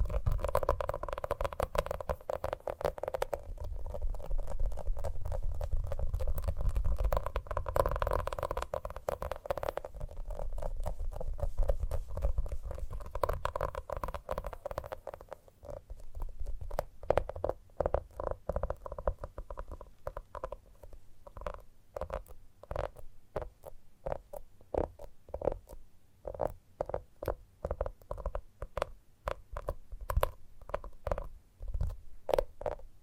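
Gentle tapping, at first blurred into a dense, continuous rustling layer with a low rumble underneath. Around the halfway point it opens into distinct, crisp taps in quick, fairly even runs, with short quiet gaps between them through to the end.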